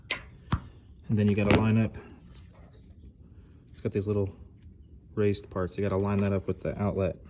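A new headlight bulb for a 2014 GMC Yukon is pushed into its wiring plug with the grooves lined up, and it clicks into place with a sharp click at 0.1 s, seating the bulb in the connector. Another brief tap follows at about 0.5 s, and then someone talks.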